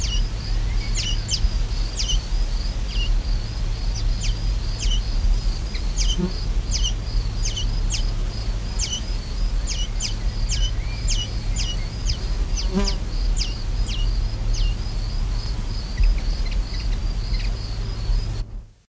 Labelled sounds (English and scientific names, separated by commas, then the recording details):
Common Linnet (Linaria cannabina) call
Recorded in the wild
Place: Kohfidisch, Burgenland, AT
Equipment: Halbspur, 9,5 cm/s
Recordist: Lütgens, Hans